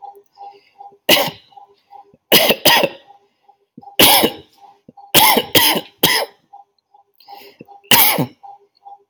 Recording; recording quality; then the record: heavy voluntary cough; excellent, no background noise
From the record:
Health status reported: healthy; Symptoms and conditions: hypertension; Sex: male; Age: 30 years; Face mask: not worn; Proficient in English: yes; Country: India